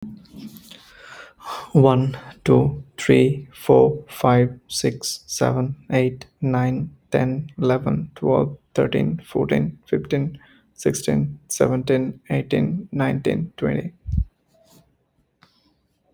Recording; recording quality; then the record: counting at a normal pace; excellent, no background noise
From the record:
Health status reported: healthy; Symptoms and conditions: none ticked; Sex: male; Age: 33 years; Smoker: not ticked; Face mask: not worn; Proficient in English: yes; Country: India